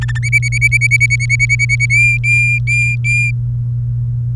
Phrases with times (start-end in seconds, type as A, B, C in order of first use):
0.01-0.18 A, 0.23-1.86 B, 1.90-3.31 C